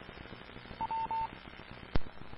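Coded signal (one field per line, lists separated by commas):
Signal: none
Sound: a repeater's courtesy beeps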